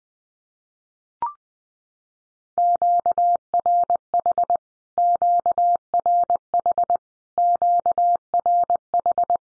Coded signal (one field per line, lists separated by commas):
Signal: Morse code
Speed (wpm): 20 wpm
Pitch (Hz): 700 Hz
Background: none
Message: QRH QRH QRH